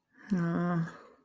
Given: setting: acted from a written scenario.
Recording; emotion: vocal sound without words; shame